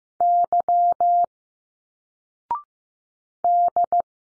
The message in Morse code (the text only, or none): Y D